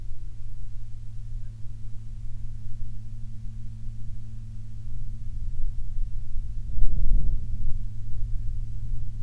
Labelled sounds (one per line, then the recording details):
wind
aircraft
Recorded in the Prudhoe Bay oil fields, Alaska, on 11 July 2019 at 09:44
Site 11